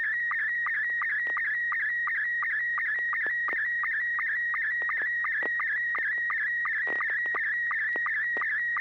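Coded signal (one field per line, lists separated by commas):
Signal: SSTV (slow-scan television)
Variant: MR90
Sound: continuous warbling tone around 1.9 kHz broken by regular short low chirps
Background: low hum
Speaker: Yeah, I've got uh I've got an image loaded up. N6 YG MR90.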